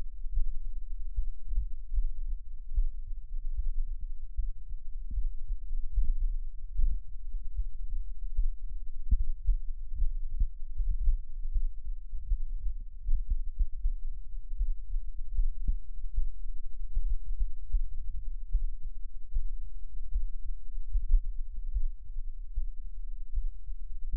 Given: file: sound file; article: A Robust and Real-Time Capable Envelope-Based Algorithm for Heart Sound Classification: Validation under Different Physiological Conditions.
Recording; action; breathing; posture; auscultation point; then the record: heart sounds by electronic stethoscope; rest; normal; sitting; sternum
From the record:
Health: healthy, no known heart disease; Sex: male